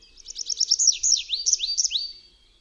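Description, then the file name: Tree pipit song: a brief phrase of quick high notes followed by several sweeping slurred notes. "ŚWIERGOTEK DRZEWNY"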